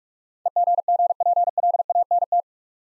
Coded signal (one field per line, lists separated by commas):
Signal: Morse code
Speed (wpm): 44 wpm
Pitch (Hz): 700 Hz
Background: none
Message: EGGPLANT